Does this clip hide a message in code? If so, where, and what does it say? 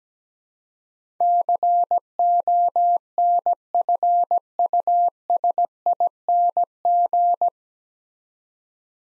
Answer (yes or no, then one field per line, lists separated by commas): yes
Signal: Morse code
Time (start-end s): 1.2-7.5 s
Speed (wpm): 17 wpm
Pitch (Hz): 700 Hz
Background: none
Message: CONFUSING